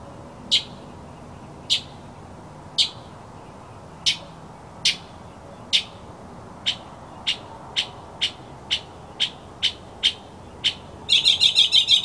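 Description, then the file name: Mockingbird giving single sharp notes that come faster, then breaking into a dense, rapid burst at the end. Masteran (tutoring) sound of a mockingbird. "suara masteran mockingbird"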